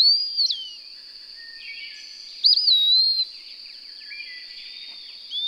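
Bird song: a swooping whistled phrase, then a louder looping slurred phrase, over an unbroken high-pitched buzzing background.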